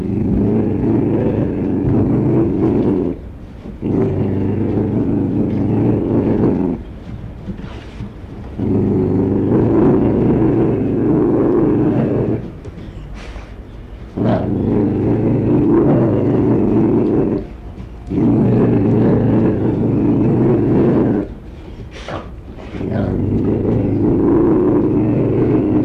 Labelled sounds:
Ocelot

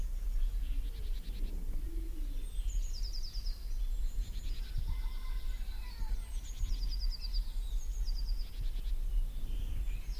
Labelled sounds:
Eurasian Blue Tit song

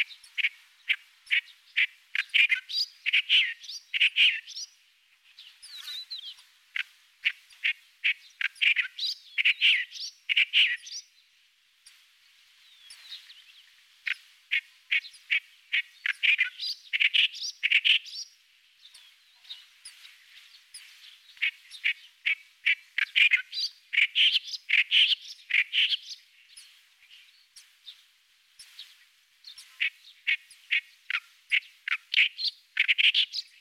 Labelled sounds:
Clamorous Reed Warbler song

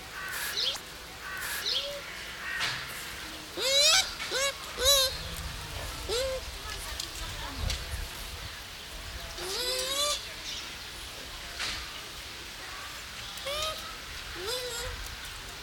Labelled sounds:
Bush Dog

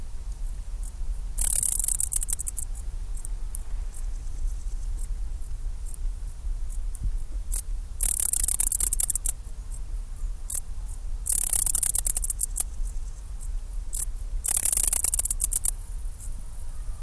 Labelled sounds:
Dark Bush-cricket stridulation

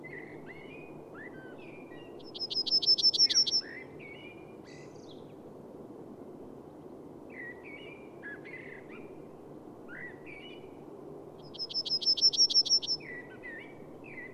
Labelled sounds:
Yellowhammer song

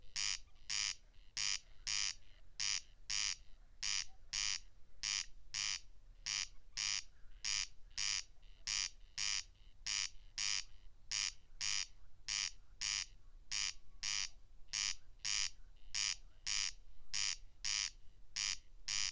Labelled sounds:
Corn Crake song

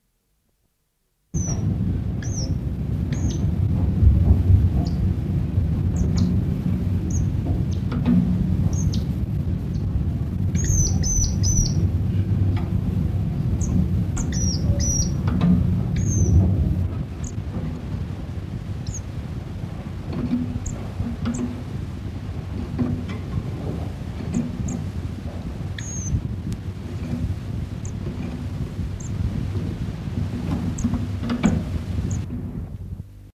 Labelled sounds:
Lavender Waxbill call

